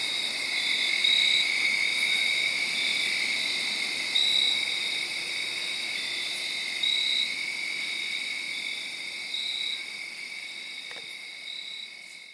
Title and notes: Crickets (field recording). late on Saturday night/Sunday morning. The location was in Sharon, Pennsylvania, under a tree